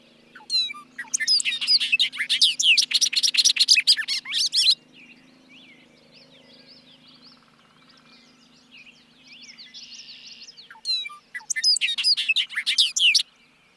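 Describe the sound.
Bobolink song: two long bubbling bursts of tinkling, banjo-like notes separated by several seconds of softer background birdsong and a low hum.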